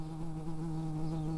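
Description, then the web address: Early bumblebee buzzing, a steady, low, even drone with rich overtones that holds without a break throughout. Workers. "bumblebees Pratorum-workers"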